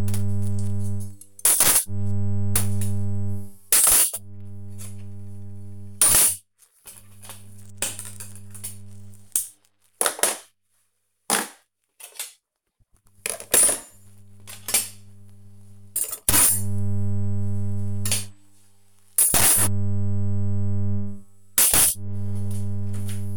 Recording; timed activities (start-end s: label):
household activities, microphone on the right wrist
0.00-21.56 s: putting away the dishes